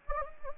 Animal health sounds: mosquito wingbeat signal from an infrared sensor; Anopheles gambiae

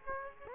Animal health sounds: mosquito wingbeat signal from an infrared sensor; Aedes aegypti

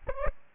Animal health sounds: mosquito wingbeat signal from an infrared sensor; Aedes aegypti

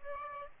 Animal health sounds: mosquito wingbeat signal from an infrared sensor; Aedes aegypti

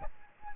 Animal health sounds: mosquito wingbeat signal from an infrared sensor; Aedes albopictus

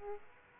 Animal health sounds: mosquito wingbeat signal from an infrared sensor; Aedes aegypti

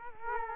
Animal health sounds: mosquito wingbeat signal from an infrared sensor; Culex quinquefasciatus

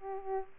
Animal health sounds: mosquito wingbeat signal from an infrared sensor; Aedes aegypti

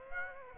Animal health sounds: mosquito wingbeat signal from an infrared sensor; Aedes aegypti

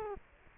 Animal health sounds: mosquito wingbeat signal from an infrared sensor; Culex quinquefasciatus

